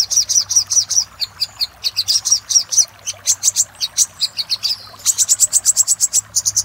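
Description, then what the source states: Little spiderhunter song: clusters of quick high chips, with a dense fast run near the end. Master recording for training cage birds; Indonesian name Sogok Ontong, labelled 'Labaik'.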